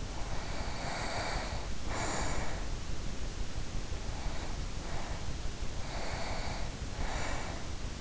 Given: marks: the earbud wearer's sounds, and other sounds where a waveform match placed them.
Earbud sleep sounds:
sounds in sleep by an in-ear microphone; breath
0.00-2.86 s: breath
3.80-5.42 s: breath
5.72-7.83 s: breath

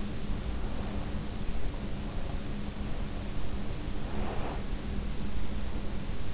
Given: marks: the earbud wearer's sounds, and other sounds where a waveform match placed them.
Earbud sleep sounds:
sounds in sleep by an in-ear microphone; breath
0.44-1.54 s: breath
3.83-4.87 s: breath

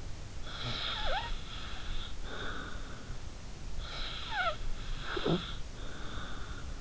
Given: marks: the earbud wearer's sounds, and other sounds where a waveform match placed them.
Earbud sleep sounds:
sounds in sleep by an in-ear microphone; snoring breath
0.34-3.18 s: snoring breath
3.77-6.72 s: snoring breath

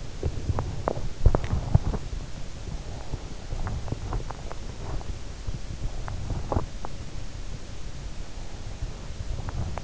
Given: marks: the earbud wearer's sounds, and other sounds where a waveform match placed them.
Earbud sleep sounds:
sounds in sleep by an in-ear microphone; body movement, teeth grinding
0.00-1.08 s: body movement
0.08-2.08 s: teeth grinding
3.45-6.95 s: teeth grinding

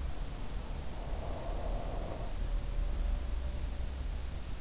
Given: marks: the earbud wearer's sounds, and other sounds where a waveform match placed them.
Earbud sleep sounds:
sounds in sleep by an in-ear microphone; breath
0.65-4.29 s: breath

